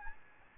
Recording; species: mosquito wingbeat signal from an infrared sensor; Aedes albopictus